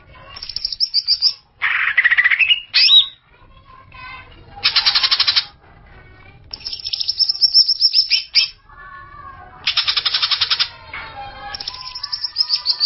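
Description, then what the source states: Greater green leafbird: songbird singing in bursts of rapid, dense buzzy trills alternating with varied chirps and short whistled notes, separated by brief pauses. Champion songbird.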